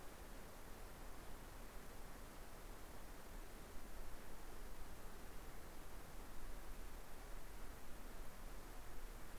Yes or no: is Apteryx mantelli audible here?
no